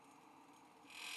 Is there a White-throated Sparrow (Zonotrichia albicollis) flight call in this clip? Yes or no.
no